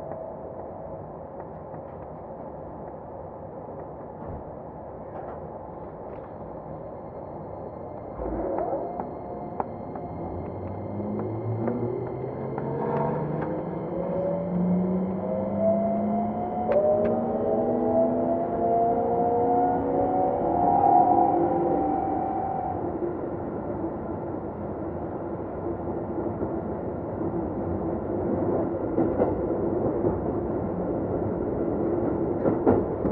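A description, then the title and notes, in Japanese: A Keikyu 2100 series train runs between Yokohama and Misakiguchi. After a low rumble and a thump near 8 seconds, whining motor tones climb in pitch in stepped layers until about 23 seconds, then settle into a steady hum with scattered rattling clicks. 京急2100形 横浜〜三崎口。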